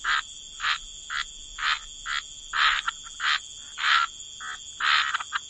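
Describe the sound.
Frog chorus of repeated raspy croaks at an uneven pace, set against a constant thin high-pitched hum.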